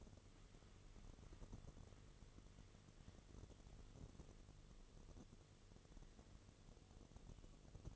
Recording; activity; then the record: daily activity, microphone in the room; wipe stove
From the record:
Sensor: 4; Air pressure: 1015.9 hPa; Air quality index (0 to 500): 100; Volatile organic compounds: 2 ppm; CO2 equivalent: 1120 ppm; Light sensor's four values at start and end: 9/19/7/7 and 9/19/7/7